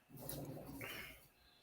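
A plastic canopy on a scale-model aircraft, which had not been fitting, is pressed onto the fuselage. It snaps into place with a small click at 0.3 s. Low rustling and handling noise fill the rest of the clip, and the canopy is left seated.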